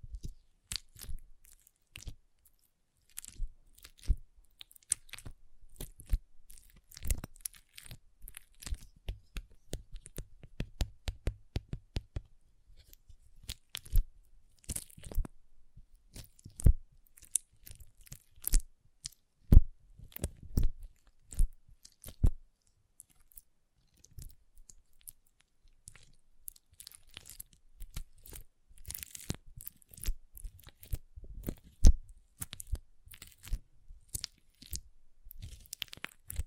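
Water beads are squished and rolled, making a dense run of short, wet crunching and popping clicks. The clicks come in irregular bursts with brief pauses, crowding together around ten to twelve seconds and again near thirty seconds.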